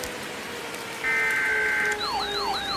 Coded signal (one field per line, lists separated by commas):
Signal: Emergency Alert System (SAME) tones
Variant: header bursts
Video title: KC Presents - EAS Scenario #7: Three Mile Island - An Alternate Finale